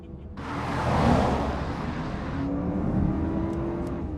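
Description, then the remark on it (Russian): A car rolls into an underground parking garage in Berlin, its engine swelling in after a brief quiet start, then a steady, droning rumble with a low whine gliding upward. No one speaks. “Машина заезжает на подземную парковку.”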